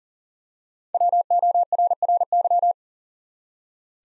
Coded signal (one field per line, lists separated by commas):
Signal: Morse code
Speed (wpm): 38 wpm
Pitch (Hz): 700 Hz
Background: none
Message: WORRY